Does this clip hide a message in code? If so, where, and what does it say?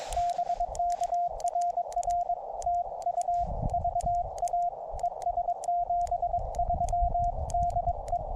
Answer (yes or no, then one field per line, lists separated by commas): yes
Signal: Morse code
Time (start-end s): 0.2-8.2 s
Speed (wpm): 22 wpm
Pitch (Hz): 700 Hz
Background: radio noise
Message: BK RR TU VA ES 73 DE